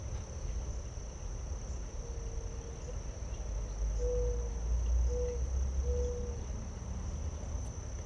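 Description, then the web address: Crickets make a steady, unbroken high-pitched drone throughout, joined by several soft low cooing notes from doves over a low rumbling background. Late summer; doves also heard. "Kerman Eckes WIB-Electa Quinney. Late Summer Crickets, Doves"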